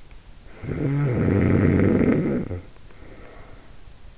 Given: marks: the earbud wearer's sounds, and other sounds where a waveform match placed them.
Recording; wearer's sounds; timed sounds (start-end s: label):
sounds in sleep by an in-ear microphone; snoring breath
0.33-3.76 s: snoring breath